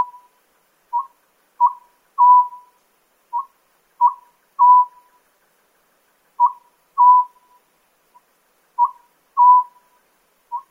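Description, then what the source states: Oriental scops owl calling, clear whistled phrases of two or three notes, the last note longest, repeated every few seconds against a silent background. Recorded at Nikko, Tochigi Prefecture, Japan.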